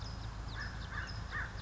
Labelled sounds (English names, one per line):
American Crow